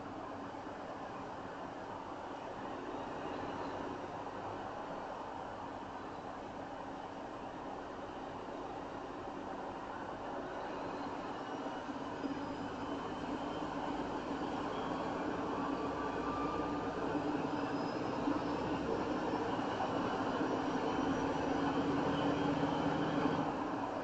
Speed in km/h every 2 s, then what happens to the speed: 32, 34, 34, 32, 34, 34, 37, 40, 44, 48, 52, 55.
0-10 steady at about 34. 10-24 speeds up to 55.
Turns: none.